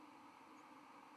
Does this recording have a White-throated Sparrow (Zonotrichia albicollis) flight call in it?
no